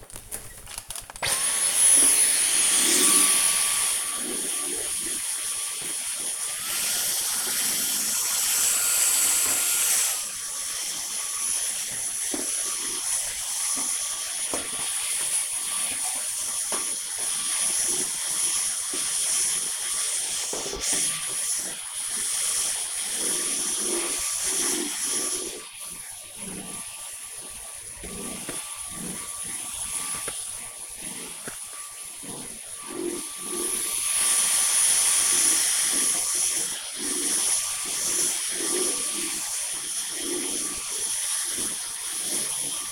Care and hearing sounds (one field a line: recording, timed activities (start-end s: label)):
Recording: household activities, microphone on the right wrist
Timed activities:
0.00-42.92 s: vacuum cleaning